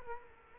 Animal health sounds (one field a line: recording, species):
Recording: mosquito wingbeat signal from an infrared sensor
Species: Culex quinquefasciatus